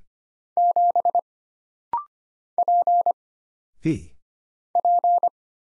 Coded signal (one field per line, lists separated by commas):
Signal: Morse code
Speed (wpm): 25 wpm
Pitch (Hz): 700 Hz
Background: none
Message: 7 P P